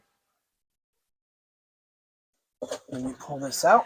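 Silence for about 2.6 seconds, then someone talks while pulling out the fold-out table support of the Murphy bed table in an RV. The clip ends while the part is still being handled; nothing has seated or clicked yet.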